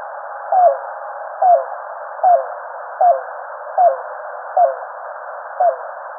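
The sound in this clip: Yellow-billed cuckoo repeating a hollow, falling note seven times at a quick, fairly even pace, with steady hiss behind.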